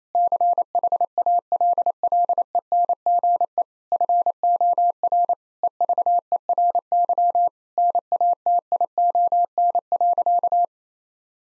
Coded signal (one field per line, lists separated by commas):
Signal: Morse code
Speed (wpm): 28 wpm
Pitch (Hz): 700 Hz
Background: none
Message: CHALLENGE FOR EVERY NATION.